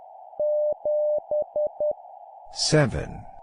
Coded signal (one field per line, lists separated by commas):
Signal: Morse code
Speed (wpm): 10 wpm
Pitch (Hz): 600 Hz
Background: speech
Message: 7E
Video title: 10wpm Repeat three times Random Number plus human voice, improve morse code copy speed